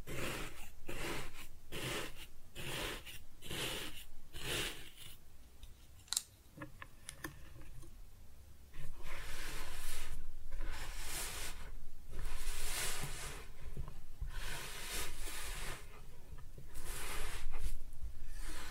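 Kinetic sand is cut and scooped in a series of soft, gritty hissing strokes. The first five seconds bring quick, regular bursts, then a quieter stretch with a few sharp clicks. From about nine seconds the strokes grow louder, longer and more spaced, with a low rumble underneath throughout.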